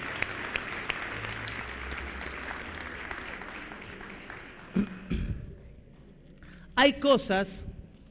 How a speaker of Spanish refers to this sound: Aplaudimos a los modelos, gracias.